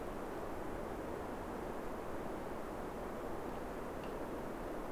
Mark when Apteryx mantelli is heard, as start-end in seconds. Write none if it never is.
none